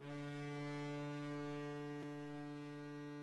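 The horn of a Chinese Navy review ship blares in one long, steady, deep harmonic blast that holds at full loudness for several seconds without pause, as the ship sets off, escorted by navy vessels, toward the 2018 naval parade waters.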